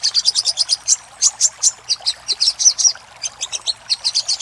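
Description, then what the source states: Little spiderhunter song: quick series of piercing high chips, slowing briefly midway before speeding up again. Master recording for training cage birds; Indonesian name Sogok Ontong, labelled Labaik.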